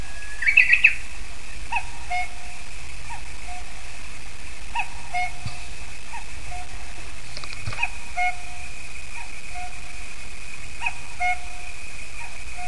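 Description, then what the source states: Common cuckoo calling a falling two-note cu-coo, repeated about every three seconds, over a steady high whine and low rumble, with small bird chirps at the start. Recorded in Prague, 2005.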